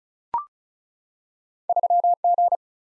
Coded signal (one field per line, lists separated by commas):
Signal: Morse code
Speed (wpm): 36 wpm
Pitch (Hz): 700 Hz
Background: none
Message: 3G